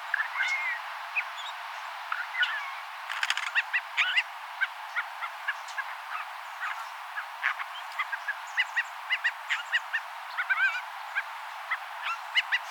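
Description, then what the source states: Canada jay giving a varied series of short clicking notes mixed with a few soft warbled whistles, scattered irregularly over a steady hiss. Subspecies Perisoreus canadensis obscurus.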